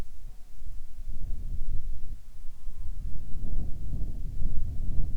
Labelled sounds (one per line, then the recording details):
wind
insects
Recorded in the Arctic National Wildlife Refuge, Alaska, on 7 July 2019 at 18:31
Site 41